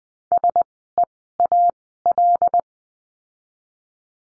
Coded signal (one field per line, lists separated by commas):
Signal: Morse code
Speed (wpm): 20 wpm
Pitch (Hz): 700 Hz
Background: none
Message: SEAL